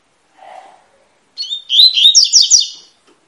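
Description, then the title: Double-collared seedeater song: a brief low soft note, then a fast phrase of bright, buzzy, repeated slurred whistles. Tui-tui song style, fibra bird; teaching song (professor) used to tutor young birds. "COLEIRO TUI TUI FIBRA"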